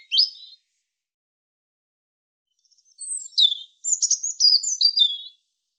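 European robin: a short high note, a pause of over two seconds, then a longer tumbling phrase of thin whistles and fast trills.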